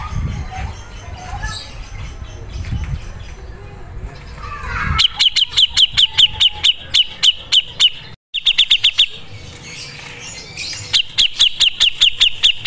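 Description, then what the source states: Grey-cheeked bulbul repeating sharp, high notes in fast series with pauses between them, after about five seconds of faint background noise and chirps. Masteran (tutor) training recording of the cucak jenggot.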